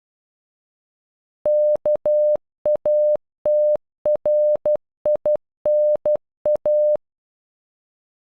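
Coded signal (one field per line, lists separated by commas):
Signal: Morse code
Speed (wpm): 12 wpm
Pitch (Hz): 600 Hz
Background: none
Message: KATRINA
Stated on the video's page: Software-generated Morse of a single name, sent at normal speed and at half speed.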